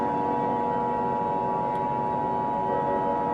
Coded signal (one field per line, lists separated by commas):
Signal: Emergency Alert System (SAME) tones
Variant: 853 and 960 Hz attention tone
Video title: EAS Mock #29 | Triple Asteroid Impact